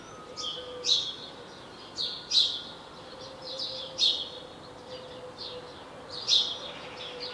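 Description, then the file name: House sparrow chirping, a series of sharp notes, with a faint steady hum underneath. "Passer domesticus"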